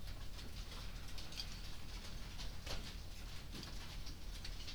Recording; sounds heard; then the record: poultry house recording; no chicken sound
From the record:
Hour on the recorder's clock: 20